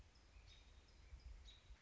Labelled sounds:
American Robin (Turdus migratorius)
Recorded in Sonoma County, California

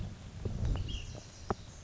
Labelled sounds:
Ash-throated Flycatcher (Myiarchus cinerascens)
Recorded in Sonoma County, California

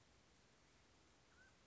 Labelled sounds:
Mountain Quail (Oreortyx pictus)
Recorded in Sonoma County, California

